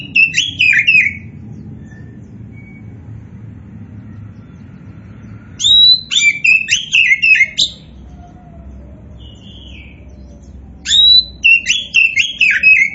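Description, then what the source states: Oriental magpie-robin: a brief whistled phrase, a long pause with a faint soft note, then two more rich bursts of slurred, tumbling whistles. A 'kacer poci' type magpie-robin described as gacor (singing actively).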